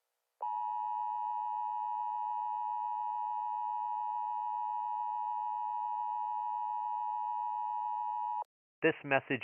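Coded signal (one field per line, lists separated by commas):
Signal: Emergency Alert System (SAME) tones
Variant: 853 and 960 Hz attention tone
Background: speech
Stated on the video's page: Fictional EAS scenario about a dying star.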